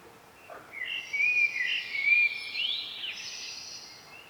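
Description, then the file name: Common blackbird delivers one extended phrase of rich fluty whistles and slurred notes, followed by a thin high squeaky flourish. "Turdus merula"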